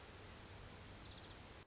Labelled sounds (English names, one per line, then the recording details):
Orange-crowned Warbler
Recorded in Sonoma County, California